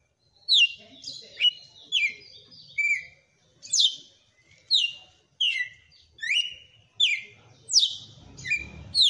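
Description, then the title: Red-cowled cardinal singing a steady run of bright whistled phrases that slide downward, a little faster than one per second, over a quiet background. Female bird. "Canto Galo Campina Fêmea"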